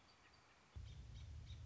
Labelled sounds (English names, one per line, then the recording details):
American Robin
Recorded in Sonoma County, California